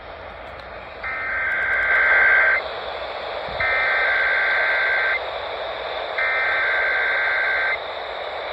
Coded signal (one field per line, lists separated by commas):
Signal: Emergency Alert System (SAME) tones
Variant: header bursts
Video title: EAS 564-568 KIH28 WBEB WOGL WTDY KDKA-AM